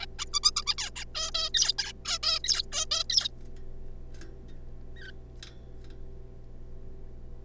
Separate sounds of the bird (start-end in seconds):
0.01-0.06, 0.19-0.25, 0.33-0.40, 0.43-0.51, 0.56-0.64, 0.67-0.75, 0.78-0.90, 0.96-1.04, 1.15-1.31, 1.34-1.49, 1.54-1.72, 1.78-1.92, 2.05-2.18, 2.23-2.39, 2.44-2.62, 2.72-2.86, 2.91-3.04, 3.10-3.29, 4.96-5.11